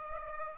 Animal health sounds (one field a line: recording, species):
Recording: mosquito wingbeat signal from an infrared sensor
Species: Aedes aegypti